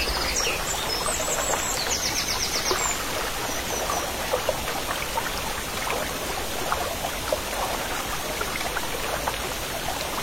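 A small stream babbles steadily, its water a dense, even wash of splashing and trickling with many quick, bright droplet sounds and little low rumble. Faint high bird chirps come through near the start, in the first three seconds.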